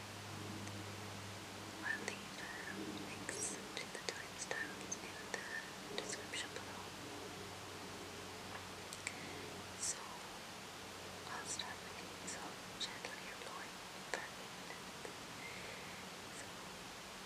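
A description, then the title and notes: Soft, unintelligible whispers drift over a steady hiss of mic wind, with a low rumble underneath that fades after about ten seconds. Sharp, bright tapping sounds land irregularly throughout, clustering around the middle and late seconds. Making quiet sounds using the Tascam DR-05 recorder.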